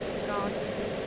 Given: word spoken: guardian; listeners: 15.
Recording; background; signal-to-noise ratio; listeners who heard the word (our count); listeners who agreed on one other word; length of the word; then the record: one English word in noise, from a listening test; speech-shaped noise; -4.7 dB; 0 of 15; 9 of 15; 0.67 s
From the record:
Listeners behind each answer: 9, 4, 1, 1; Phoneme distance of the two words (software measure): 7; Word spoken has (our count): 2 syllables, 5 phonemes, stress on syllable 1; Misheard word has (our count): 2 syllables, 4 phonemes, stress on syllable 1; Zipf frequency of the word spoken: 4.01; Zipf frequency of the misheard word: 5.28